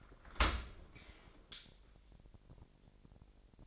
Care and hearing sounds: daily activity, microphone in the room; open dishwasher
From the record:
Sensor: 5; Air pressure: 1000.6 hPa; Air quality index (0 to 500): 248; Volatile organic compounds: 35 ppm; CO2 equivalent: 3053 ppm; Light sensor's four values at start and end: 31/70/28/26 and 31/72/29/27

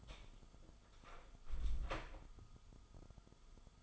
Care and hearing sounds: daily activity, microphone in the room; close door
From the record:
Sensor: 5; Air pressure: 1005.0 hPa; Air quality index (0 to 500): 95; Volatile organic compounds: 2 ppm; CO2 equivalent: 1156 ppm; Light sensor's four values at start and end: 35/81/32/31 and 35/81/32/31

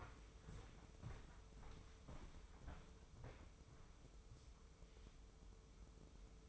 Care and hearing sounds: daily activity, microphone in the room; walk to room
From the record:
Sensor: 1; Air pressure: 995.7 hPa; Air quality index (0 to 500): 36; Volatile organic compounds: 1 ppm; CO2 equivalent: 623 ppm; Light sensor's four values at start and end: 30/105/40/42 and 31/106/40/42

